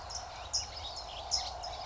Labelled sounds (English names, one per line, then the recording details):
California Towhee
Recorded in Sonoma County, California